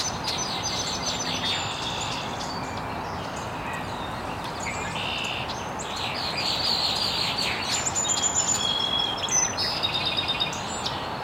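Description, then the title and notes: Birds chirping in a dense chorus, high twittering notes and brief buzzy trills layered over constant hissing background noise. Birds chirping very early in the morning in an estuary. "Birds Chirping in the Early Morning. Original sounds of birds chirping very early in the morning in an estuary"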